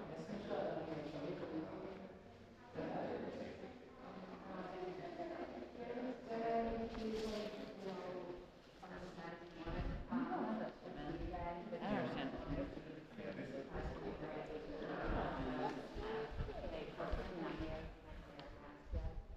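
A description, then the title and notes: Sounds from the New Museum Triennial: a steady crowd of overlapping voices talking throughout, with scattered clacks and knocks breaking through now and then. Sounds from the New Museum Triennial.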